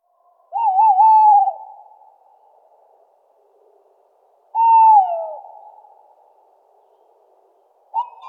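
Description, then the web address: Tawny owl hooting: quavering, wavering notes followed by a falling slur with a fading tail, repeated about every four seconds. Recorded in Luxembourg. "rapaces-nocturnes-au-luxembourg chouette-hulotte"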